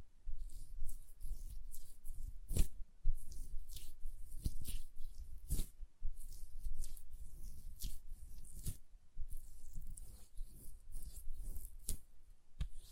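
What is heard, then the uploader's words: Hand sounds with nail tapping: sharp clicks and taps strike irregularly every second or so over soft rubbing and low thuds. ASMR Hand Sounds, Nail Tapping and Lotion Sounds.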